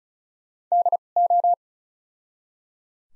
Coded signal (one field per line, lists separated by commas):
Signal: Morse code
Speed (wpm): 36 wpm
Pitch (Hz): 700 Hz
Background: none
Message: D O